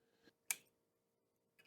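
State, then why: Seated. A dental hook reaches into a Browning BLR lever-action rifle and pulls back the sear in the hammer assembly so the hammer can be fitted. A single sharp metallic click sounds at 0.5 s, framed by faint handling noises just before and near the end. The sear is hooked back and seated.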